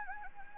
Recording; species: mosquito wingbeat signal from an infrared sensor; Anopheles gambiae